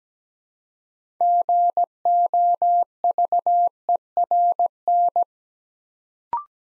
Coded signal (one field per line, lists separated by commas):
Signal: Morse code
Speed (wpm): 17 wpm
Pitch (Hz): 700 Hz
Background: none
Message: GOVERN